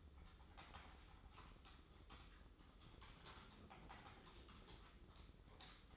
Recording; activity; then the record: daily activity, microphone in the room; typing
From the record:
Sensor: 3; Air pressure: 995.3 hPa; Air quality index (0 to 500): 78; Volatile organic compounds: 6 ppm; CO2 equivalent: 1845 ppm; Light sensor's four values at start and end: 18/55/22/20 and 18/55/23/20